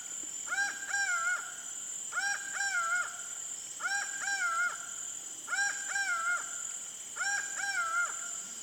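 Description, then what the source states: Laughing Falcon calling, paired two-note phrases repeated roughly every 1.7 seconds over a steady high insect hum. Pantanal.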